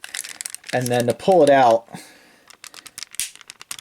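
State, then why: Released. Someone talks while pulling the arm section of a Fans Toys FT-29 Quietus robot figure out of its shoulder joint, with small plastic handling ticks and rattles along the way. A click at 3.7 s marks the arm sections released fully out.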